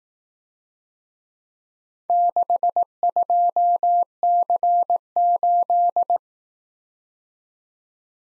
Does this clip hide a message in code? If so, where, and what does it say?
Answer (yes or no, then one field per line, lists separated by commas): yes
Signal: Morse code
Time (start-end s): 2.1-6.2 s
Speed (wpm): 18 wpm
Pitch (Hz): 700 Hz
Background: none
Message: 62C8